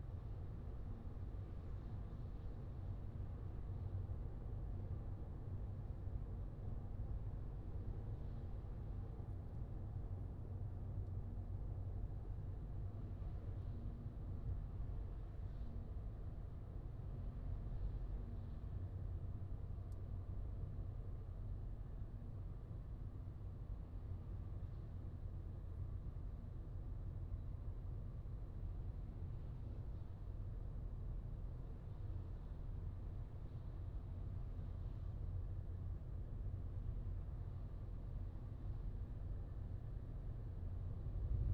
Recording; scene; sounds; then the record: everyday scene through a hearing-aid microphone; in a vehicle; engine, highway driving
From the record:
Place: Skoda Fabia, gasoline engine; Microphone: in the ear canal, left